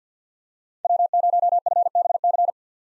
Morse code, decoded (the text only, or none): W0FBC